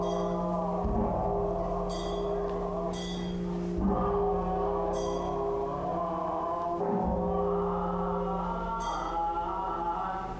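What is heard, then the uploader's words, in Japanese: Ambience at a well-known temple in a city, dominated by steady, ringing metallic tones that sustain and overlap like bells or gongs. New strikes land around one, four and seven seconds, refreshing the hum, while faint bright chimes and voices drift through the background. 台湾の寺院の音（Binaural） - Lungshan Temple (Taipei)。台北市内の有名な寺院の音です。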